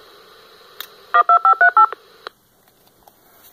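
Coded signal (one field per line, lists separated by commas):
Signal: DTMF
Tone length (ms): 110 ms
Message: 12538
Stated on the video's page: DTMF PTT-ID tones sent by a Baofeng radio at beginning and/or end of transmission, affected by the DTMF-ST setting.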